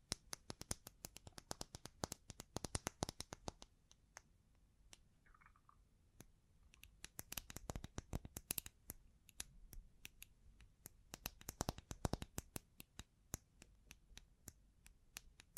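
Bling bling triggers: rapid, dense sharp clicks and taps in uneven bursts, thinning out around four to six seconds, with a brief soft chime midway.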